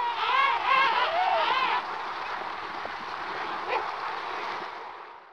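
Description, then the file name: Emperor penguin call: a loud, wavering, harmonic trumpeting phrase of pulsing notes for under two seconds, then fading into steady background noise with a faint brief sound near four seconds. "cri de pingouin empereur"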